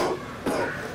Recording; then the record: coughing mixed with background sound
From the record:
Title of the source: Coughing 77